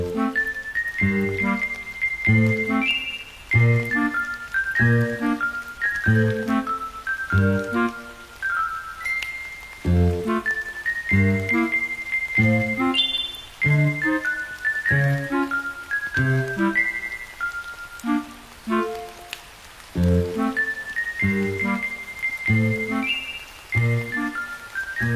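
Music plays with rain sounds mixed in. A bright, chiming melody moves over a steady, pulsing bass and mid-range pattern that repeats in regular bars throughout. A constant hiss of rain sits underneath the whole time.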